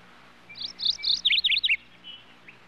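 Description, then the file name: Bird song, one short high phrase: a few sharp chirps followed by a fast run of falling notes, then a faint trailing call, over quiet background hum. Various bird species heard together as a general ambience. "raznie ptici obshaya atmosfera"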